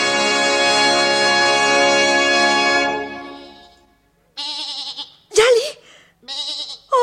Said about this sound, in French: Ma petite bête, ma chèvre, c'est toi. Oh, comment est-ce possible, ma Djali?